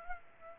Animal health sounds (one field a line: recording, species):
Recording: mosquito wingbeat signal from an infrared sensor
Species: Culex pipiens